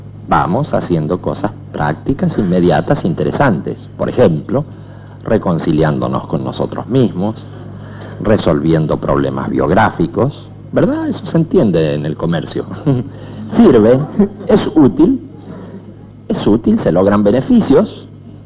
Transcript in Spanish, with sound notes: vamos haciendo cosas prácticas, inmediatas, interesantes, por ejemplo reconciliarnos con nosotros mismos, resolviendo problemas biográficos, ¿verdad? Eso se entiende en el comercio. (Risas) Sirve, es útil; es útil, se logran beneficios.